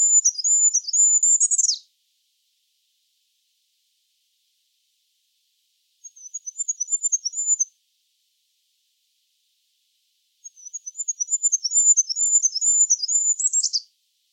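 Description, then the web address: Bird song heard as the tail of a high twittering phrase with a buzzy ending, a short softer burst, then a full rapid phrase closing in a buzz. "cianscape. Deverinetal 2025. Bird Only"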